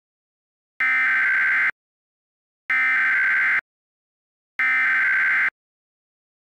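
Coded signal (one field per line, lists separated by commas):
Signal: Emergency Alert System (SAME) tones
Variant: header bursts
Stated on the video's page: Fictional EAS scenario, not a real alert.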